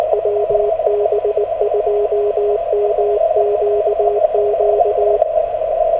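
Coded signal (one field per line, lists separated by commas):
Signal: Morse code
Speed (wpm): 19 wpm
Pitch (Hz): 410 Hz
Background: radio noise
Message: WB2MQQ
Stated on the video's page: Morse sent with a straight key during a park activation, with poor band conditions and a compromised antenna.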